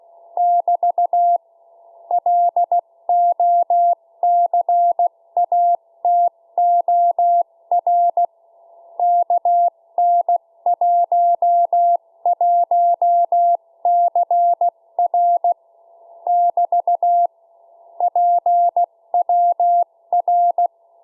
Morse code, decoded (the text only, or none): <BT> LOCATOR KN11CR <BT> PWR